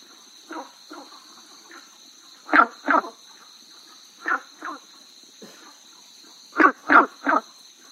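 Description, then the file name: Günther's brown frog croaks in pairs and a closing triplet of quick notes, fainter calls in between, with an unbroken high hum behind. "gunthers brown frog"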